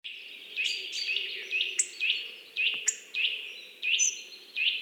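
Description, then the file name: Eurasian nuthatch giving a steady series of sharp, piping call notes about twice a second, with soft background noise. "Sitta europaea"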